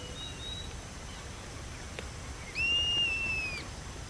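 Bird whistle: a faint high note early on, then one long, clear, slightly arched whistle lasting about a second.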